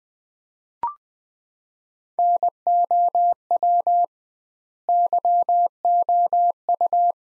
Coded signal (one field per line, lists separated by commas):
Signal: Morse code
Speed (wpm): 21 wpm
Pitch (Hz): 700 Hz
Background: none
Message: NOW YOU